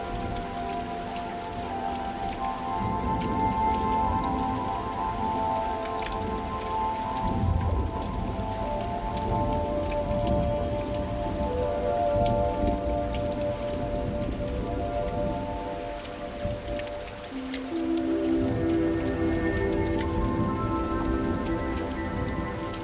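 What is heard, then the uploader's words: Steady rain patters outside the window in dense fine taps, over a low droning hum with sustained tones that shift throughout. Rain Outside the Window Tonight.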